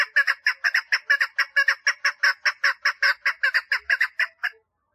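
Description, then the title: Partridge song as a brisk series of harsh notes, ending suddenly after about four and a half seconds. "Perdiz Cantando"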